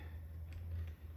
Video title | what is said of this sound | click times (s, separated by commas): Marquee letters - How to Build, Sell, or Rent | and then you put your clip on until it clicks like that | 0.5 s